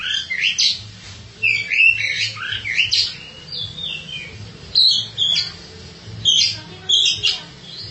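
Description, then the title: Oriental magpie-robin giving a rapid run of varied whistled and buzzy notes, then spaced bright chirps, over a low pulsing hum. "Suara Kicauan Burung Kacer"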